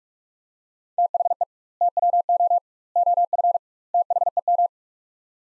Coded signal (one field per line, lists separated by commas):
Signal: Morse code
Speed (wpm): 41 wpm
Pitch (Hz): 700 Hz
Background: none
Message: THE TWO OF THEM